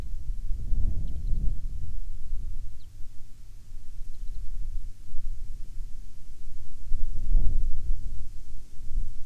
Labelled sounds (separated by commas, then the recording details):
songbird, wind
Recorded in the Arctic National Wildlife Refuge, Alaska, on 5 August 2019 at 12:32
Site 49